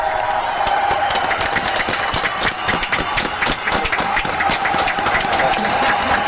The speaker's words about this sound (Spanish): El aplauso del público.